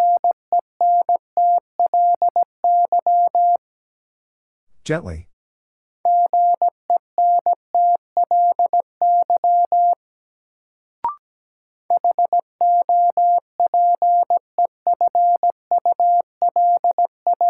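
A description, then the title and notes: Morse code in a steady mid-pitched tone, beeping in three bursts of short and long dashes, separated by a brief swish and a click. First, the word is sent in Morse code.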